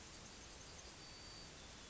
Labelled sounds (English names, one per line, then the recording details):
Yellowhammer song
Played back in forest
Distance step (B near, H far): H
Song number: 133